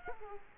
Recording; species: mosquito wingbeat signal from an infrared sensor; Culex quinquefasciatus